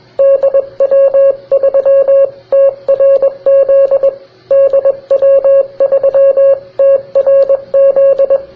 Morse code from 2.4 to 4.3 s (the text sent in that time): TRZ